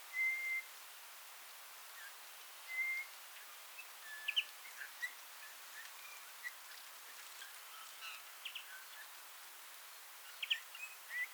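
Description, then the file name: Eurasian bullfinch calls, soft flat piping whistles repeated a few seconds apart, mixed with short sharp ticks over a steady hiss. "Pyrrhula pyrrhula"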